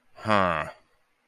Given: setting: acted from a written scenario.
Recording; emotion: vocal sound without words; contempt